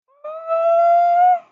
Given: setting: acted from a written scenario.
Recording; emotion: vocal sound without words; positive surprise